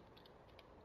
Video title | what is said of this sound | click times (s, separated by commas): Animated Rodimus Minor (Hot Rod) review | get this little bar H the middle and then just swing it inwards like so and it clicks into place | 0.2 s, 0.3 s, 0.6 s